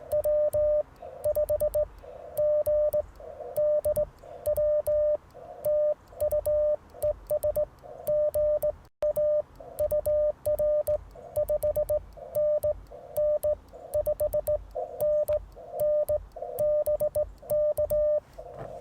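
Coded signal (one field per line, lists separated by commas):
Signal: Morse code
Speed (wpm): 18 wpm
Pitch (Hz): 600 Hz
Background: none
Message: W5GDW TU ES GA UR 5NN 5NN BK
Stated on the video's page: QRP CW Parks on the Air activation, keyed with a cootie key (sideswiper) and later a single paddle on 30M; Icom IC-705 with magnetic loop antenna.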